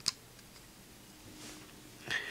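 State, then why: Seated. A plastic flip-out balance piece on a plastic combining robot toy figure is flipped all the way to the back, and it locks into place with a single sharp click at 0.08 s. Quiet handling noise follows, with a louder brushing burst around 2.1 s. The piece is seated, locked back to help the figure keep its balance.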